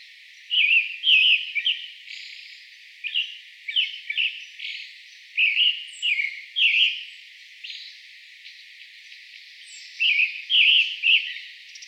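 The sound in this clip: Pale Thrush delivering clusters of quick whistled notes in several phrases separated by pauses.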